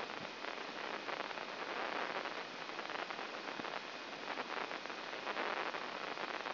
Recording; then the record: brain microelectrode recording played as sound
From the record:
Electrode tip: inside the subthalamic nucleus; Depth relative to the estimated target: 2 mm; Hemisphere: left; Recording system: AlphaMap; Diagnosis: Parkinson's disease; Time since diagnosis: 11 years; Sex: male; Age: 56 years